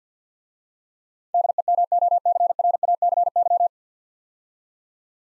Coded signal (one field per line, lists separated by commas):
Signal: Morse code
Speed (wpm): 52 wpm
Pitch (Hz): 700 Hz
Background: none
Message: DEMOCRACY